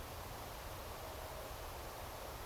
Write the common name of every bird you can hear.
none